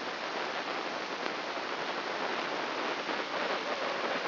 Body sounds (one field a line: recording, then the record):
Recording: brain microelectrode recording played as sound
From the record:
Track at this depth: outside the subthalamic nucleus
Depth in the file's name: 0.806 mm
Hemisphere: right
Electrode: 2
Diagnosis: Parkinson's disease